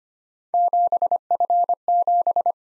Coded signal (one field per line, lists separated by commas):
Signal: Morse code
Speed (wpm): 29 wpm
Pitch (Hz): 700 Hz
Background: none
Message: 7F7